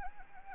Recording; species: mosquito wingbeat signal from an infrared sensor; Anopheles gambiae